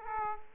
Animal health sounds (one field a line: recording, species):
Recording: mosquito wingbeat signal from an infrared sensor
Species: Culex quinquefasciatus